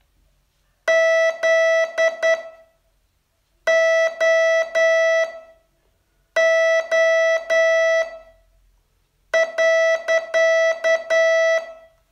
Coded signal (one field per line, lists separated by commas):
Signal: Morse code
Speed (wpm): 10 wpm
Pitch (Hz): 650 Hz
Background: music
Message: ZOO.